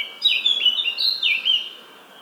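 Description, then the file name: Eurasian blackcap song fragment: a short run of clear, fluty whistled notes in quick succession. "Sylvia atricapilla"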